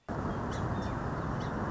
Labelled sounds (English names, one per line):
Song Sparrow